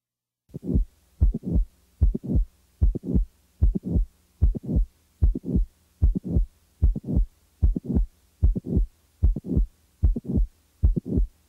Late systolic murmur with mid systolic click.